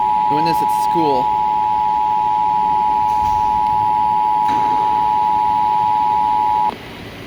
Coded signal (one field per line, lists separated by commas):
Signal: Emergency Alert System (SAME) tones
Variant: 853 and 960 Hz attention tone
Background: speech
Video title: EAS #855-859: Florida Required Monthly Test for March 2022 || 3/28/22